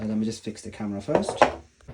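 Someone talks while handling the plastic roof of a VINGUYS smart bird feeder with camera, about to push it onto the feeder body, with a faint knock near the end. Nothing has seated or clicked yet.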